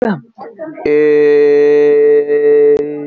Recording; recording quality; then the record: sustained vowel as in made; excellent, no background noise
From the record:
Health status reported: healthy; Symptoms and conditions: fever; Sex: male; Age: 23 years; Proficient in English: yes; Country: India